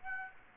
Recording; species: mosquito wingbeat signal from an infrared sensor; Aedes aegypti